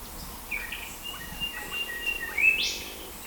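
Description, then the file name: Australian golden whistler whistle: soft sustained notes leading into a bright rising whip-like flourish near the end, with a steady hiss behind. "Pachycephala Pectoralis"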